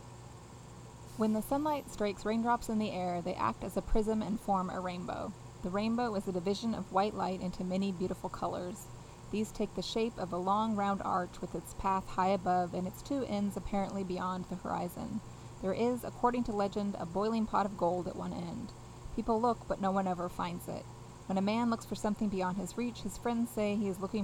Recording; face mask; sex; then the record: reading aloud; none; female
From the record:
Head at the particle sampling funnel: facing it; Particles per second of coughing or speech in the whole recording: 0.717